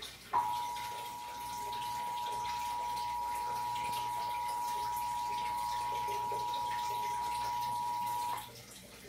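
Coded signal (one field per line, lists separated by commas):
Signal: Emergency Alert System (SAME) tones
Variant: 853 and 960 Hz attention tone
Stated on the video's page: EAS alerts including Great ShakeOut earthquake drill.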